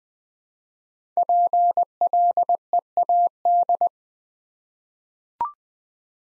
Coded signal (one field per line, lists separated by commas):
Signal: Morse code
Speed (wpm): 20 wpm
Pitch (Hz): 700 Hz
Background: none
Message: PLEAD